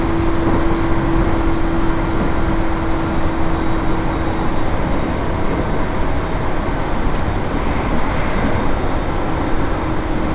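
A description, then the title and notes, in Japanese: Steady rumble inside a northbound train, a dense continuous roar with a constant low hum, unchanging throughout, no distinct events. 東北本線下り 北上→盛岡。701系4両編成。北上から盛岡の間は盛岡に向かう人などで徐々に混雑してきます。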